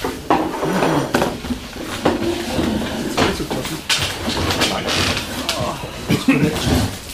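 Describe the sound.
Cutlery and dishes clink and clatter in quick, irregular bursts throughout, bright metallic taps layered over a steady murmur of people talking.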